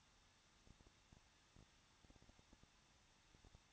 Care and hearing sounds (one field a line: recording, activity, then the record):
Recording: daily activity, microphone in the room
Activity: no activity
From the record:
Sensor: 3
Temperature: 21.2 degrees Celsius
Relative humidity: 36.3%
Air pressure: 1006.3 hPa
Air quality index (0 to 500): 221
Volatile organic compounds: 40 ppm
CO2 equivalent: 3145 ppm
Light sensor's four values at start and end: 2/3/2/2 and 2/3/2/2